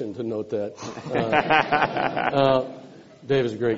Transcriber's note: laughter